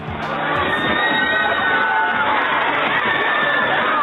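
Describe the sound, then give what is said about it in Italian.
A dense, steady roar of crowd voices with children shouting and people cheering, loud and continuous throughout, with excited yells and big laughs rising over the general din at the Luna Park amusement park on Coney Island, Brooklyn, New York. “E questa è l'atmosfera di, come dire, felicità, allegria, contentezza, grandi risate, grandi urla che si trova nei Luna Park in genere, ma in questo caso nel Luna Park di Coney Island a New York, anzi a Brooklyn,”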